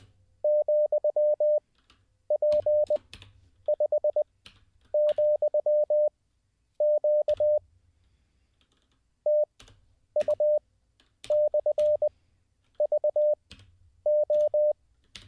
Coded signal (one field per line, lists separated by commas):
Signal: Morse code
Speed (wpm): 20 wpm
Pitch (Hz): 600 Hz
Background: none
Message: ,P5,Q TU/VO